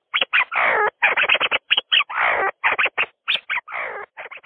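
See-see partridge giving a fast, uneven series of rough, scratchy notes interspersed with longer grating calls that slide downward, with no other sounds evident.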